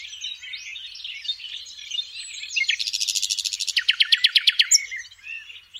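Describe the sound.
Common nightingale song: soft varied warbling swelling into a fast, loud series of repeated clicking notes, then a slower run of sharp descending chirps.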